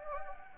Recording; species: mosquito wingbeat signal from an infrared sensor; Anopheles gambiae